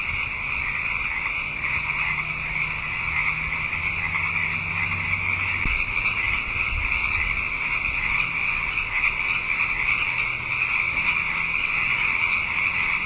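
Frog chorus, an unbroken, loud buzzing trill that holds steady throughout over a faint low rumble.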